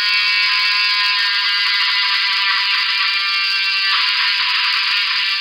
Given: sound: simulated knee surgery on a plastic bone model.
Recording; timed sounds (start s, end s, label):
surgical tools on bone
0.00	5.41	sawing